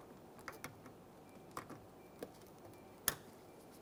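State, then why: Seated. The plastic wiring connector of a side mirror on a 2008-2017 Mitsubishi Lancer is lined up with its locking tab toward the door panel and pressed into the door harness mating plug. A few soft ticks and taps come first, then a sharp, loud click at 3.1 s as the connector seats and locks in. A light tug afterward confirms it is secured.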